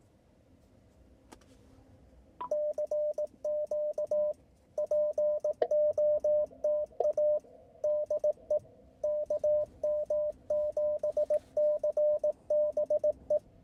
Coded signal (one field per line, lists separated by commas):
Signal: Morse code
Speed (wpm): 18 wpm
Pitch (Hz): 600 Hz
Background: radio noise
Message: CQ POTA DE KM7CBE